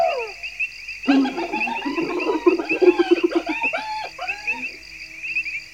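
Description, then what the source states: Hyena giggling: a burst of rapid, chattering, uneven notes after a short descending call, with constant insect buzz behind. Heard every night across the vast savanna, a deep resonant sound coming out of the darkness.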